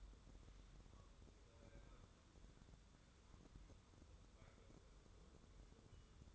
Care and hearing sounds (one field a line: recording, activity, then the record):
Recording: daily activity, microphone in the room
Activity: wipe stove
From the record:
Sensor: 3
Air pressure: 1015.1 hPa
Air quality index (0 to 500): 70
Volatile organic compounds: 1 ppm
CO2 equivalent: 926 ppm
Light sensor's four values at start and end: 15/39/15/16 and 15/39/15/16